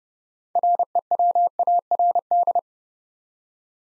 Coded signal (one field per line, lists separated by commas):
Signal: Morse code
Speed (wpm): 30 wpm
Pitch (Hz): 700 Hz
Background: none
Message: REWARD